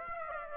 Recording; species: mosquito wingbeat signal from an infrared sensor; Aedes aegypti